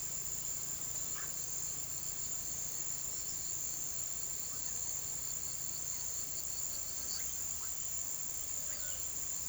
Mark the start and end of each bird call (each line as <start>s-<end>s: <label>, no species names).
8.70s-9.04s: bird call